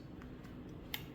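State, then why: Seated. A clamp holding a vane is pushed onto the body of an arrow fletching jig over a low, steady background hum. After a faint tick at 0.2 s, a sharp, bright click at 0.9 s marks the clamp seating in its locked position.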